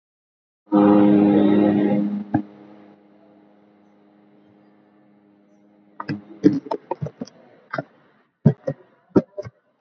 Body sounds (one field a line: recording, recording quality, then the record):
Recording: sustained vowel as in boot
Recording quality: poor, much background noise or distortion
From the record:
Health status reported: COVID-19 positive, mild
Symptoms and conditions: sore throat, fever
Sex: male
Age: 25 years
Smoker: not ticked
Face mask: worn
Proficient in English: yes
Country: India